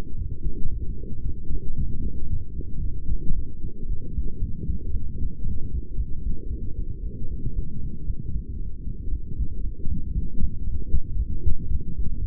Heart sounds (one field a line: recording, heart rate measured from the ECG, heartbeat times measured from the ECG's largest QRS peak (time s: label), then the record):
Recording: heart sounds by stethoscope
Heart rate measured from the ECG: 115 bpm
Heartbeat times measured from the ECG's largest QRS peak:
0.18 s: heartbeat
0.71 s: heartbeat
1.25 s: heartbeat
1.78 s: heartbeat
2.30 s: heartbeat
2.83 s: heartbeat
3.35 s: heartbeat
3.89 s: heartbeat
4.41 s: heartbeat
4.93 s: heartbeat
5.44 s: heartbeat
5.97 s: heartbeat
6.49 s: heartbeat
7.02 s: heartbeat
7.55 s: heartbeat
8.07 s: heartbeat
8.58 s: heartbeat
9.11 s: heartbeat
9.63 s: heartbeat
10.15 s: heartbeat
10.66 s: heartbeat
11.18 s: heartbeat
11.70 s: heartbeat
12.21 s: heartbeat
From the record:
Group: healthy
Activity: light exercise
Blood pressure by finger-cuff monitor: 119/72 mmHg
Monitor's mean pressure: 88 mmHg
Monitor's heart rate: 115 bpm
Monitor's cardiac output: 9.2 L/min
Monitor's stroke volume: 80 mL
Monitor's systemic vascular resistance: 680 dyn s/cm5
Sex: female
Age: 22 years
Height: 163 cm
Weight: 67.1 kg